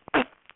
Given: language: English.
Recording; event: throat vibration sensor signal played as sound; cough